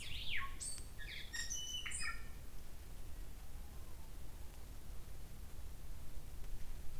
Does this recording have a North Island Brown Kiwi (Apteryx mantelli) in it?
no